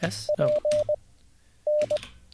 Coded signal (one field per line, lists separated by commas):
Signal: Morse code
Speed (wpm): 20 wpm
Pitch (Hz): 600 Hz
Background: speech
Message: P N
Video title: How To Learn Morse Code LIVE with N0SSC (Day 2)